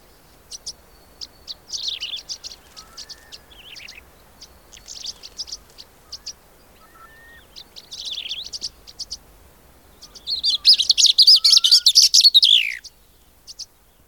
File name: Cape Grassbird (Sphenoeacus afer)